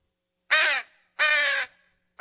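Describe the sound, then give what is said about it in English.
Two loud, harsh bird squawks in quick succession, the second one longer, each a raspy, buzzy cry standing alone against silence. “It's not a buzzard. Sounds like a seagull.”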